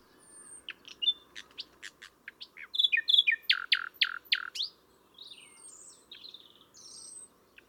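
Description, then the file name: Common nightingale song: varied phrases of sharp notes, then a loud series of rapid repeated notes, followed by softer whistled and buzzy notes. "Luscinia megarhynchos"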